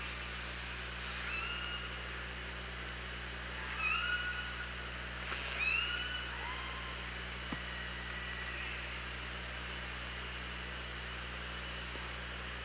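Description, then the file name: Orca calls: several upswept calls, then a lower falling call, amid constant underwater hiss and low hum. OrcaLab hydrophone, 24 August 2017, at about 07:56. "Orca Lab UTLN JASON 20170824 075621"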